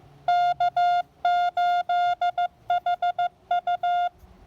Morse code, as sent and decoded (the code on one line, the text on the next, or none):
-.- ---.. .... ..-
K8HU